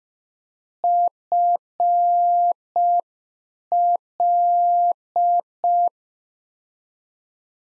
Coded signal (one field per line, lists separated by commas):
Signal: Morse code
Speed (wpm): 5 wpm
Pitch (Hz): 700 Hz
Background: none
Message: FL